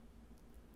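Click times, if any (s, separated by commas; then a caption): none. A steel watch case for a custom Submariner homage is gently lowered toward the watch movement, giving only quiet, steady low handling noise with a faint brief tick at the very end. The case has not yet clicked down onto the movement; nothing has seated.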